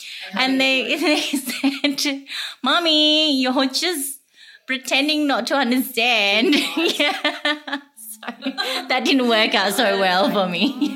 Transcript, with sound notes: And they said, 'mummy, you're just pretending not to understand'. (Laughter) So that didn't work out so well for me.